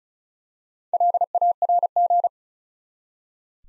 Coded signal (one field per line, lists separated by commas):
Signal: Morse code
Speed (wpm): 36 wpm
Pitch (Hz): 700 Hz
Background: none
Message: LARG